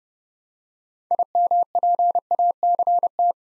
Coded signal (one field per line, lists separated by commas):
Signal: Morse code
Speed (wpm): 30 wpm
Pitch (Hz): 700 Hz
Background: none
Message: IMPACT